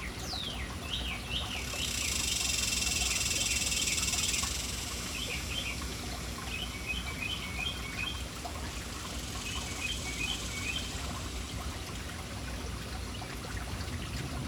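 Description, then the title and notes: Birds calling with chirps and sweeping notes, including a falling whistle at the start and clustered trills later, while a loud hissing rush fills a few seconds. City birds gathered and lingering around an urban fountain. "Urban birds at fountain. Relaxing sounds of City Birds hanging around fountain"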